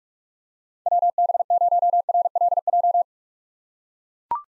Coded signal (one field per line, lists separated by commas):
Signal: Morse code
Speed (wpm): 41 wpm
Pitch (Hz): 700 Hz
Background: none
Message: WB0RLJ